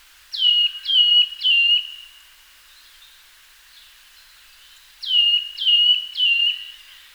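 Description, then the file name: Eurasian nuthatch calling: a quick series of three clear descending whistles, a pause of about three seconds, then another matching trio. "Sitta europaea"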